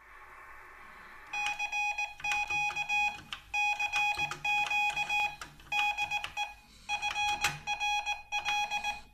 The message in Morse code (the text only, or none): CQ CQ DE FRL